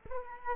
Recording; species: mosquito wingbeat signal from an infrared sensor; Aedes aegypti